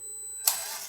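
An FMS FCS24 Chaser RC truck's two-speed transmission is shifted from the remote into first (low) gear. After a quiet, steady background, a short, sharp, bright click at 0.5 s is followed by a fading hiss. The gears mesh and the transmission is confirmed seated in low gear.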